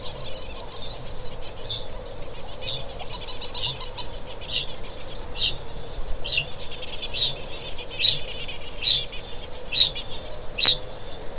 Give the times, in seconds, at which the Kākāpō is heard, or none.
1.30-11.38